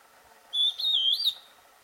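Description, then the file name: Antbird giving one whistled, slightly wavering note that ends with a brief rising flick, about three quarters of a second long, with faint background hiss. "Canto do formigueiro pintalgad"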